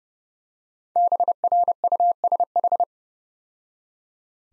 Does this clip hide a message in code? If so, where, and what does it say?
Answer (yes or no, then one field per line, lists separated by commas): yes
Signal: Morse code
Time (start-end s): 1.0-2.8 s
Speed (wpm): 34 wpm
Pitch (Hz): 700 Hz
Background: none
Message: BRUSH